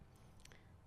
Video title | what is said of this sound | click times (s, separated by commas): Indiana State University Unmanned Systems Lab DJI Air 3 Pre-Flight & Checklist Video | All the way in till you hear the click. | 0.5 s